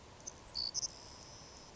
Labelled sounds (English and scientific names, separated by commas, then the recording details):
Savannah Sparrow (Passerculus sandwichensis)
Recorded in Sonoma County, California